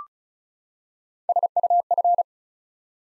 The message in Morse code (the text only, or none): SUF